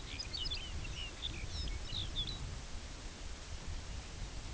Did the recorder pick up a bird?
yes